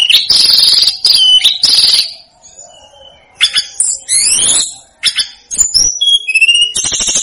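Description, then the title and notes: Snowy-browed flycatcher song: loud buzzy high bursts, a short pause, then rising slurred whistles and crisp chirps in a rapid jumble. Masteran (training recording) of the bird known locally as tledekan gunung or sikatan gunung, used to teach songs to cage birds. "Masteran Tledekan Gunung Sikatan Gunung 1. BURUNG TLEDEKAN"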